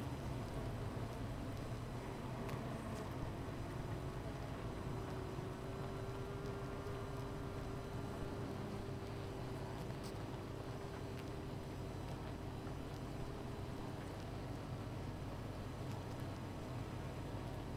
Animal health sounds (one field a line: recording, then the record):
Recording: honeybee colony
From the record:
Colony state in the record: missing queen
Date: 14 July 2017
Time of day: 13:54